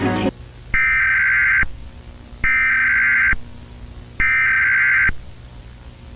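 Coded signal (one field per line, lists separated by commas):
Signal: Emergency Alert System (SAME) tones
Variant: header bursts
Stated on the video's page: Fictional EAS hijack scenario using valid EAS tones.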